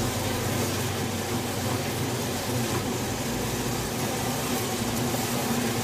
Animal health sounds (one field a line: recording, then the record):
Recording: honeybee colony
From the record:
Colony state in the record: swarm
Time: day